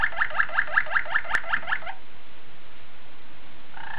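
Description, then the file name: Waterslager canary song: about ten evenly spaced bubbling pulses over two seconds, one sharp click, then quiet with a brief tone at the end. Waterslager breed of canary. "suara kenari waterslager"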